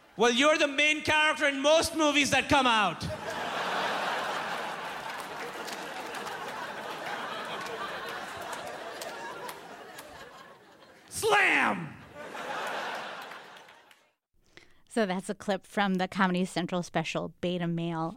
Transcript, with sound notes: Well. you're the main character in most movies that come out.
(LAUGHTER)
Slam.
(LAUGHTER)
So that's a clip from the Comedy Central special "Beta Male."